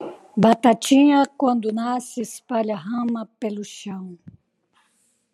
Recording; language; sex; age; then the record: short text; Brazilian Portuguese; female; 60 to 69 years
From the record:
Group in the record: control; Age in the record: 63 years